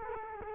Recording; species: mosquito wingbeat signal from an infrared sensor; Culex quinquefasciatus